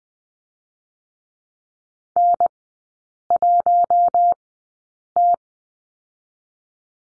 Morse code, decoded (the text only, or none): N1T